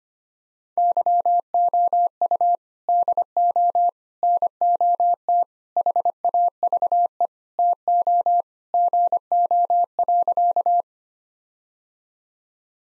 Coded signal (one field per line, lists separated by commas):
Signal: Morse code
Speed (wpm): 25 wpm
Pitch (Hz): 700 Hz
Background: none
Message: YOU DO NOT HAVE TO GO.